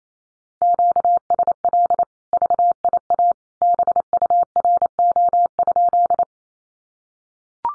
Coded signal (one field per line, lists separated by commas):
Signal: Morse code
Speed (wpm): 28 wpm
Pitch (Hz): 700 Hz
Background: none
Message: QSL VIA BURO?